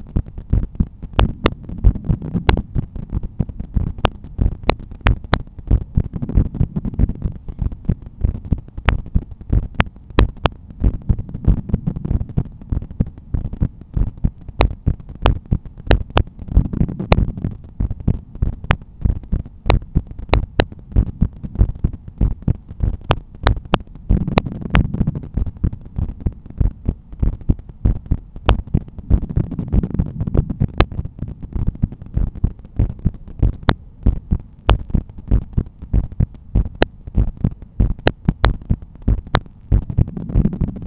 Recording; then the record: heart sounds by stethoscope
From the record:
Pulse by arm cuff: 92 bpm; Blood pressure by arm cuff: 136/87 mmHg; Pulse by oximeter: 97 bpm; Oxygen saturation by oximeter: 96%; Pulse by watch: 100 bpm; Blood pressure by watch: 127/82 mmHg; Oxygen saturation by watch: 96%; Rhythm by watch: sinus rhythm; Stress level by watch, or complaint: low stress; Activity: after dinner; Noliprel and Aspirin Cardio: no pills today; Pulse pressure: 49 mmHg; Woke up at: 7:30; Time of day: 18:30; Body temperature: 36.3 C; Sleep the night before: 9 h 22 min, score 68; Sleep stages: REM 22%, light 66%, deep 4%, awake 8%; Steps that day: 11800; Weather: sunny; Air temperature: 19.9 C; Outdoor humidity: 73%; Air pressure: 1014 hPa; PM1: 4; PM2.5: 7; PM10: 10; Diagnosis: hypertension, treated with Noliprel and Aspirin Cardio 100 mg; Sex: male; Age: 53 years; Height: 174 cm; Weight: 81 kg